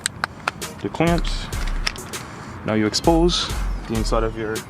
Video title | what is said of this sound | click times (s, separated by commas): Window Lock Fix and Replacing on Infiniti G37s | you hear you start hearing some clicks I tell you that you released uh the | 0.1 s, 0.2 s, 0.5 s